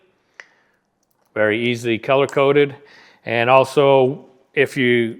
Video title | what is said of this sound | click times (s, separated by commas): How to Attach Profiler to a Double Acting Linear (Valtek Analog) | Till it snaps. | 0.4 s